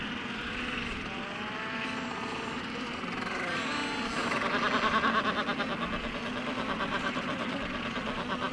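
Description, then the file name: Black-browed albatross courtship calls, wavering cries at first, then a long, rapid, pulsing rattle that throbs on to the end, over a crowded background of other calls. Courtship display (parade) of black-browed albatrosses. "Albatros sourcils noirs - parade"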